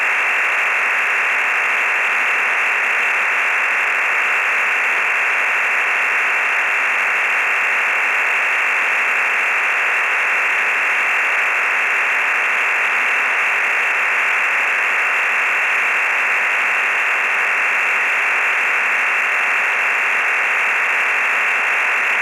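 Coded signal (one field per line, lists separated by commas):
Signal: digital SSTV (DRM)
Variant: EasyPal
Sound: continuous even rushing hiss, band-limited and steady, with no breaks for 22 seconds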